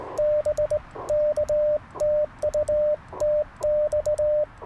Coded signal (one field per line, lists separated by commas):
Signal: Morse code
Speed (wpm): 20 wpm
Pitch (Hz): 600 Hz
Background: radio noise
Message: BK TU TX